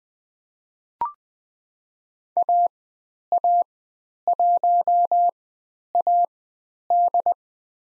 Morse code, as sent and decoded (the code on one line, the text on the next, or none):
.- .- .---- .- -..
AA1AD